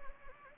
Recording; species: mosquito wingbeat signal from an infrared sensor; Anopheles gambiae